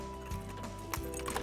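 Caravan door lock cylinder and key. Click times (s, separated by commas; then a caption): 0.9 s. A key is turned in the main door lock of an MDC XT12/XT12DB offroad caravan while the door handle is pulled toward the body. A sharp click at 0.9 s marks the lock seating into the locked position, followed by a few fainter ticks. A steady tonal hum runs underneath throughout.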